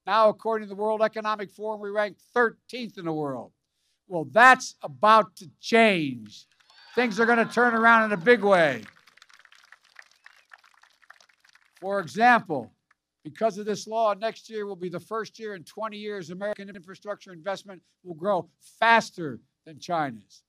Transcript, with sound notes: Now, according to the World Economic Forum, we rank 13th in the world. Well, that’s about to change. (Applause.) Things are going to turn around in a big way. For example, because of this law, next year will be the first year in 20 years American infrastructure investment will grow faster than China’s.